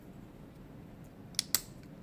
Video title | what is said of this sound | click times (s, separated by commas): Knife Surgery - 0392BLK Copper Hardware Conversion! | There it is. They snap into place. | 1.4 s, 1.5 s